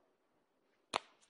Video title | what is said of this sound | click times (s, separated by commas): Microsoft Surface - Keynote | click you heard that it's solid | 1.0 s